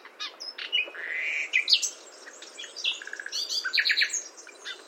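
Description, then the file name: Common nightingale singing a rich sequence of varied whistles, a drawn-out slurred note and quick stuttering elements, over soft background hiss. "Luscinia megarhynchos"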